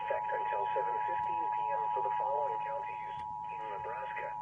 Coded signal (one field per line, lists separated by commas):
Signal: Emergency Alert System (SAME) tones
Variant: 853 and 960 Hz attention tone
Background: speech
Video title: (EAS #1,092 - #1,122) FIREWORKS AND LIGHTNING... HOW LOVELY - EAS Alerts from 7/4/23